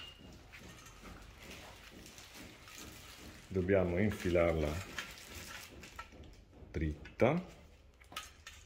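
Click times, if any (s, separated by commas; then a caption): 8.2 s. On a Flos Arco floor lamp, a section of the steel arc stem is pushed straight into its mating joint sleeve while someone talks, with faint handling noises in between. A sharp click at 8.2 s marks the section snapping home, and it is confirmed seated.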